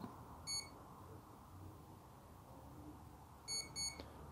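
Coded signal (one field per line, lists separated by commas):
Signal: beep code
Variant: ZOHD Drift ESC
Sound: one short electronic beep, a pause, then two quick beeps and a click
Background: quiet room hum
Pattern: 1-2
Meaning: Throttle calibration is done and the ESC will start up properly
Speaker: now we can put it down when we hear those two beeps and that's calibrated and it'll start up properly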